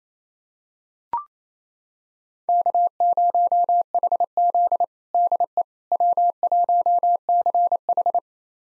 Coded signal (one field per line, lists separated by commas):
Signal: Morse code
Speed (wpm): 27 wpm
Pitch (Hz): 700 Hz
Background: none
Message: K0HZ DE W1CH